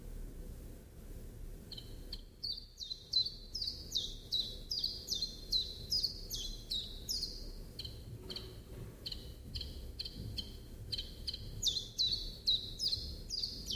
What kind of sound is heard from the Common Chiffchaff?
song